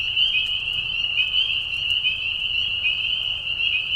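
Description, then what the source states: Spring peepers calling together, high whistles with slight upward slides standing out from a continuous shrill chorus, steady throughout. Mating call of peepers, high whistles, in a marsh at night during a short spring season; Tiny Marsh Conservation Area, Tiny, Ontario.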